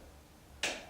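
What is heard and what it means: The folding handlebar stem lever on a folding eBike is pushed toward the stem until it latches. After a quiet stretch of low background noise, a single sharp, bright snap is heard at 0.6 s. The lever clicks into place and is seated.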